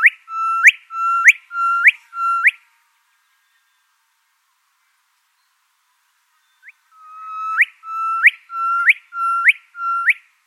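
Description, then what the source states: Gilbert's Whistler giving a series of 'erdwit' calls, each a steady whistled note ending in a sharp upward flick: four in quick succession, a pause, then several more. Erdwit call recorded at Nombini Nature Reserve, New South Wales, Australia, on Wiradjuri country.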